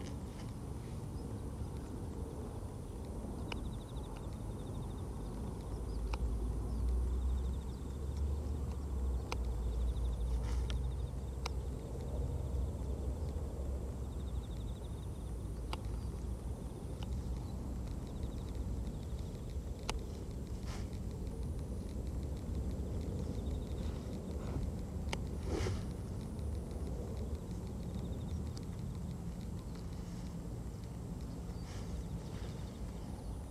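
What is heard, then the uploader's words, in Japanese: Outdoors by a carrot bed, a steady low rumble of passing traffic swells around five to twelve seconds, with faint insects and occasional sharp clicks and snips. 人参除草 お昼前。ゆっくり育つ人参を、追い越そうとしてくる草を、ハサミで根元を切っていきます。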